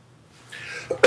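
A soft breathy intake is followed by a short two-part cough burst at the very end, with a quiet room behind it. It is a lingering cough in an adult man still recovering from whooping cough he had the previous fall. No whooping inspiration is heard.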